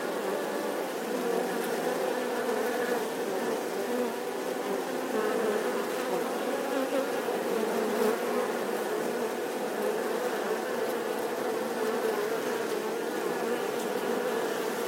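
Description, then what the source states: Honey bees buzzing as a swarm, a thick, even droning hum of countless wingbeats holding steady from start to finish. Bee swarm buzzing outside the hive.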